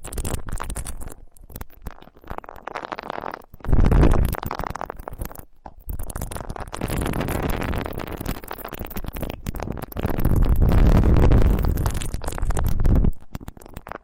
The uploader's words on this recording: Ultra-fine ear touch, immersive experience.